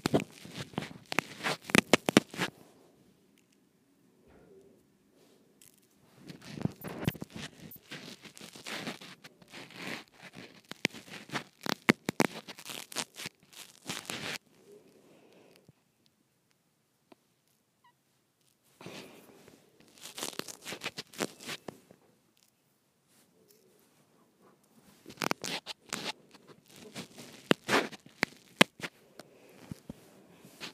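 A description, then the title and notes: Someone twists a microphone, making bursts of dense scratching and rubbing with quick crackly clicks. The handling noise comes in clusters, roughly 0–2, 6–14, 19–22 and 25–29 seconds, with near silence between bursts. ASMR Twisting my Microphone.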